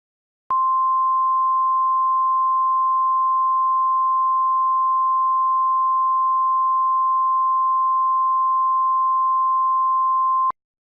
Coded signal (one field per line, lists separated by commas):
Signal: Emergency Alert System (SAME) tones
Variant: 1050 Hz attention tone